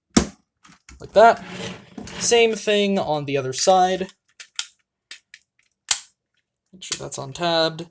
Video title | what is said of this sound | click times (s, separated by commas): Transformers Legacy MENASOR review | now drop it on and press it until you hear a click | 0.2 s